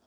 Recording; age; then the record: pig call; piglet (1 to 25 days)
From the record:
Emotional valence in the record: positive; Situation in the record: reunion after long isolation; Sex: female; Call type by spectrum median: low-frequency call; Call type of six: low-frequency tonal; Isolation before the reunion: 8 minutes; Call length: 0.07 s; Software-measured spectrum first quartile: 472 Hz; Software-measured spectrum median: 1196 Hz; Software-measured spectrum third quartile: 4578 Hz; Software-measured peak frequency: 234 Hz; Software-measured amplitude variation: 32 dB a second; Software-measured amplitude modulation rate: 14.4 a second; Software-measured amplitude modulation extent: 2.2 dB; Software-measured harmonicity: 1.0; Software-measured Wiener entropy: -1.92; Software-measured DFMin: 594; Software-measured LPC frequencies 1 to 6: 632, 1306, 3364, 4802, 5497, 6182 Hz